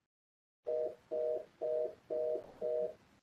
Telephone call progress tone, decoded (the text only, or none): reorder tone